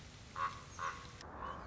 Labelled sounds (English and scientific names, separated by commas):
Common Raven (Corvus corax)